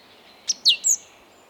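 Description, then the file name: Great tit call of three quick, thin high notes, the middle one sweeping sharply down. "Parus major"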